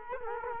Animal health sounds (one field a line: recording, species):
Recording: mosquito wingbeat signal from an infrared sensor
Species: Culex quinquefasciatus